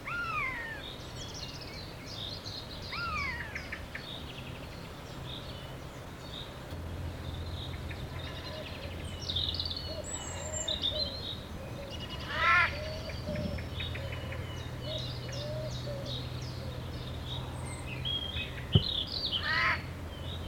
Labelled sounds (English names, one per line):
Eurasian Jay